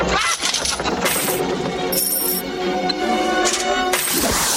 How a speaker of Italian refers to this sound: E qui Zio Paperone si lancia nella sua piscina fatta di monete.